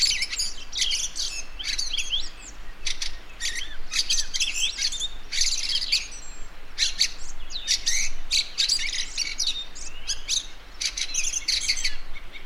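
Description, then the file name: Fieldfare song, a continuous jumble of harsh squeaky chattering and scratchy twitters with brief whistled notes, bursts packed closely throughout. "Wacholderdrossel Gesang"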